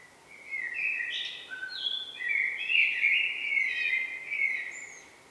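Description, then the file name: Eurasian blackbird song: a lengthy varied warble of whistled notes mixed with high squeaky twitters over a steady hiss of background noise. "Turdus merula"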